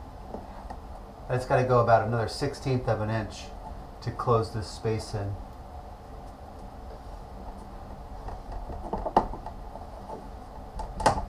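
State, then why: Seated. A luxury vinyl floor plank is lifted and worked under the adjoining plank's click-lock joint to close about another 1/16 inch while someone talks. Sharp clicks ring out at 9.2 s and 11.1 s as the locking edge snaps into the joint and the plank seats.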